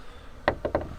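The trunk lid of a Chevy Corvette C8 is pushed down lightly without slamming and latches into its body latch with a sharp click at 0.5 s. Two softer knocks follow at about 0.6 and 0.8 s. The lid is seated and closed.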